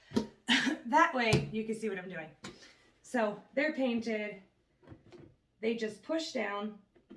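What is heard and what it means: A painted plastic piece of a stackable pumpkin decoration is handled while someone talks. The piece is about to be pushed down onto the next one, but nothing has seated or clicked yet.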